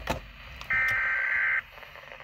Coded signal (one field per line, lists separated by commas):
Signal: Emergency Alert System (SAME) tones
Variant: header bursts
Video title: (EAS #94) Severe Thunderstorm Warning 6/20/2020